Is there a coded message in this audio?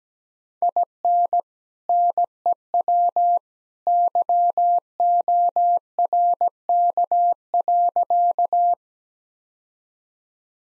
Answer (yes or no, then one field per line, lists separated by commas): yes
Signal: Morse code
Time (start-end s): 0.6-8.7 s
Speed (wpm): 17 wpm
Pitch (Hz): 700 Hz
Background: none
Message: IN NEW YORK.